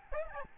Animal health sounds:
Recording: mosquito wingbeat signal from an infrared sensor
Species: Aedes albopictus

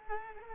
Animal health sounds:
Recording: mosquito wingbeat signal from an infrared sensor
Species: Culex quinquefasciatus

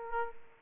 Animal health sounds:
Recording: mosquito wingbeat signal from an infrared sensor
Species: Aedes aegypti

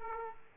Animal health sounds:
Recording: mosquito wingbeat signal from an infrared sensor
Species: Aedes aegypti

